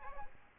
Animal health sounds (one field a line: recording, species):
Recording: mosquito wingbeat signal from an infrared sensor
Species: Aedes aegypti